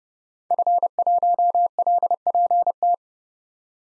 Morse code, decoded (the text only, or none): F1LPT